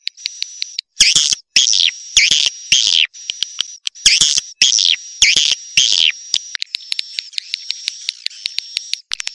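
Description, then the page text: Swiftlet calls, raspy buzzing bursts alternating with a thin sustained high whine punctuated by regular short ticks. Used as a lure to attract swiftlets. "Suara Burung Walet Asli Untuk Pancingan"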